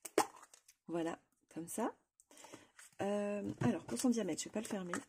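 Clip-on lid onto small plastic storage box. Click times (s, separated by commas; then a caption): 0.1 s. A clip-on lid is pressed onto a small plastic storage box and snaps shut with a sharp click at 0.1 s, seating in place. A few faint handling taps follow, then someone talks.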